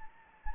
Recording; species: mosquito wingbeat signal from an infrared sensor; Anopheles gambiae